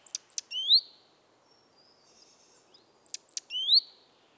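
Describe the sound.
Great tit produces two calls about three seconds apart, each two sharp high ticks and an upward-sliding note, over soft background noise.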